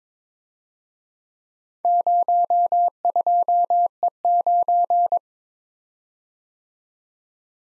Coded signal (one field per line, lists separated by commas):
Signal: Morse code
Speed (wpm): 25 wpm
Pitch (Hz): 700 Hz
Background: none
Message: 02E9